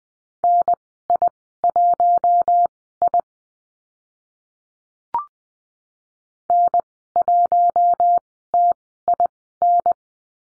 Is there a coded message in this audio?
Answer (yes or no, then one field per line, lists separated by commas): yes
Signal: Morse code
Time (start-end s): 0.4-9.9 s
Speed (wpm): 20 wpm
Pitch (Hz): 700 Hz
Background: none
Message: NI1I N1TIN